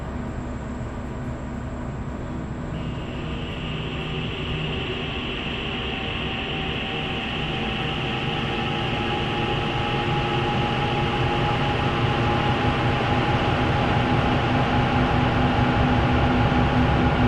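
A field recording from Saint Petersburg of a rumbling train or metro ride, steady low roar with a whining tone entering early and loudness slowly rising.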